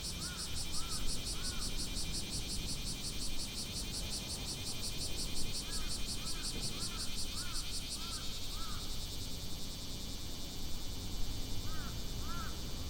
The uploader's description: Cicadas and Crows Osaka